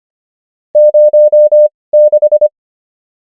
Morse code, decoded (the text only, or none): 06